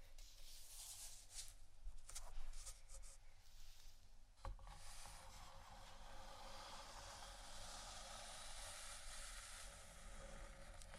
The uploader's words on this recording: ASMR Tapping & Scratching Wooden Items（No Talking）.